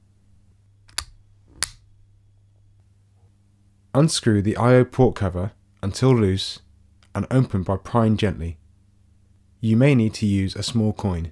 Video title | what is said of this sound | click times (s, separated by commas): POV.HD Out Of Box | then replace the battery hatch and push the tabs firmly until they click back into place | 1.0 s, 1.6 s